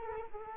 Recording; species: mosquito wingbeat signal from an infrared sensor; Culex quinquefasciatus